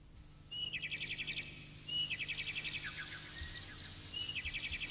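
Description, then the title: Sooty-headed bulbul song: three bubbly phrases of quick chattering notes with short high whistles, over steady faint background hiss. "Burung Kutilang"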